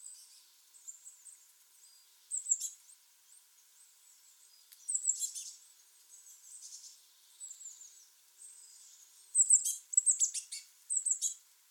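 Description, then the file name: Eurasian blue tit calls: thin, very high chirps and short bursts in scattered clusters over a quiet background. "Cyanistes caeruleus"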